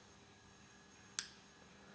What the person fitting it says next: It's a very little click.